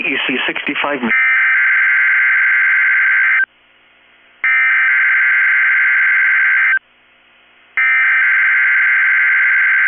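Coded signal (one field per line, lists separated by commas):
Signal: Emergency Alert System (SAME) tones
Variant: header bursts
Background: speech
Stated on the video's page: Required weekly test from a NOAA weather radio station.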